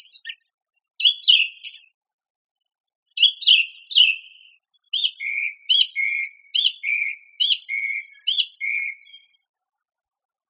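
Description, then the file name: Song thrush song: two squeaky phrases, then a short phrase repeated several times in steady rhythm, each repetition clear and separate. "suara-kicauan-burung-song-thrush -omkicau"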